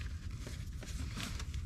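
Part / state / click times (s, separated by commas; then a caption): O2 sensor wiring plug into harness connector / not seated / none. An O2 sensor wiring plug on a 2014 Malibu LT is handled at its harness connector, with brief handling taps and rustles over a steady low rumble. Nothing has seated or clicked in yet.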